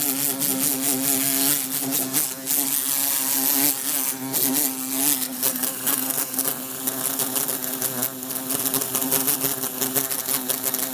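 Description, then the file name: Bumblebee buzz, a constant low hum rising and falling slightly, layered with a dense patter of clicks. Trying to escape through a closed window. "Bumblebee trying to escape thru closed window"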